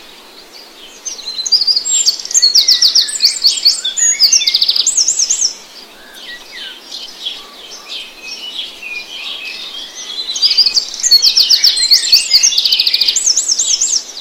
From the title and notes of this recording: The sound of birdsong in the grass in the morning.